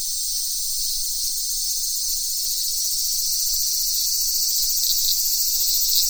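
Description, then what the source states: Cicadas buzzing in a continuous shrill wash of sound, slightly swelling toward the end, with faint low background noise. Several cicadas.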